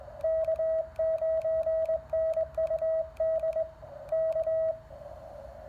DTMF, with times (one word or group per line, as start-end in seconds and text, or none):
none